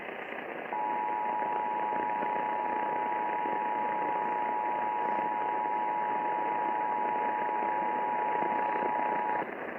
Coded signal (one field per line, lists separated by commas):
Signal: Emergency Alert System (SAME) tones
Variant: 853 and 960 Hz attention tone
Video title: Ohio EAS Required Monthly Test (December 11, 2019)